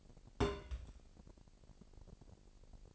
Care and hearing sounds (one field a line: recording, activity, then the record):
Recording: daily activity, microphone in the room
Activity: place on stove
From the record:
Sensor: 5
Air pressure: 1002.1 hPa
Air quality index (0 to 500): 249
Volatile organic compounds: 8 ppm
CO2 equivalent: 2124 ppm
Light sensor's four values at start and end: 26/57/24/27 and 26/58/25/27